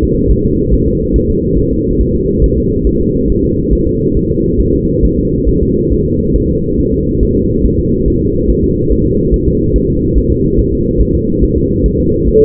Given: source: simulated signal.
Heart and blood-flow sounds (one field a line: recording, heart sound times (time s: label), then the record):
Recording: fetal heart sounds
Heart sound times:
0.03 s: S2
0.31 s: S1
0.45 s: S2
0.74 s: S1
0.88 s: S2
1.16 s: S1
1.30 s: S2
1.59 s: S1
1.73 s: S2
2.01 s: S1
2.15 s: S2
2.44 s: S1
2.58 s: S2
2.87 s: S1
3.01 s: S2
3.30 s: S1
3.44 s: S2
3.73 s: S1
3.87 s: S2
4.17 s: S1
4.31 s: S2
4.61 s: S1
4.75 s: S2
5.04 s: S1
5.19 s: S2
5.49 s: S1
5.63 s: S2
5.93 s: S1
6.07 s: S2
6.36 s: S1
6.50 s: S2
6.80 s: S1
6.94 s: S2
7.23 s: S1
7.37 s: S2
7.66 s: S1
7.80 s: S2
8.08 s: S1
8.22 s: S2
8.50 s: S1
8.64 s: S2
8.92 s: S1
9.06 s: S2
9.34 s: S1
9.48 s: S2
9.76 s: S1
9.90 s: S2
10.18 s: S1
10.32 s: S2
10.59 s: S1
10.74 s: S2
11.01 s: S1
11.15 s: S2
11.44 s: S1
11.58 s: S2
11.86 s: S1
12.00 s: S2
12.29 s: S1
12.43 s: S2
From the record:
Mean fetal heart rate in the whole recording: 140 bpm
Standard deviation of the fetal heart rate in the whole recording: 2 bpm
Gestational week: 34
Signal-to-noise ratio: -14.7 dB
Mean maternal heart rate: 72 bpm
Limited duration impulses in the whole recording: present